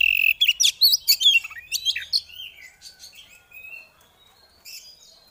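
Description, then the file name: Oriental magpie-robin song opening with a strong rapid series of whistled and chirping notes that gradually soften into quieter warbled phrases, ending in near silence. Female, singing in ngeriwik and ngeplong styles. "Terapi Suara Burung Kacer Betina Ngeriwik Ngeplong"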